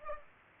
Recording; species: mosquito wingbeat signal from an infrared sensor; Aedes aegypti